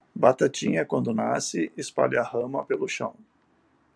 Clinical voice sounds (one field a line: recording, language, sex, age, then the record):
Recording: short text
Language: Brazilian Portuguese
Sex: male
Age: 60 to 69 years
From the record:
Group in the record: control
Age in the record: 62 years